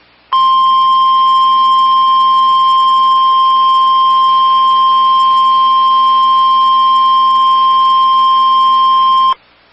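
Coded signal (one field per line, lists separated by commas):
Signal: Emergency Alert System (SAME) tones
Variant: 1050 Hz attention tone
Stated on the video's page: Captures of several EAS alerts recorded over a break period.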